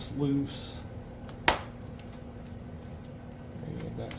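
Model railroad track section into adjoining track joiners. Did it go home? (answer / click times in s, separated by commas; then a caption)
partly / 1.5 s. A plastic N scale snap-together model railroad track section is pressed into the adjoining track joiners on a layout while someone talks. It snaps with one sharp click at 1.5 s, but the fit is wrong: one side went in and the other didn't, leaving the section misaligned.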